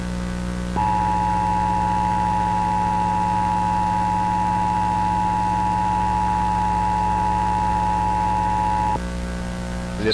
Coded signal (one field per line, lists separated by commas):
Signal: Emergency Alert System (SAME) tones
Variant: 853 and 960 Hz attention tone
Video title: EAS Scenario: The Portal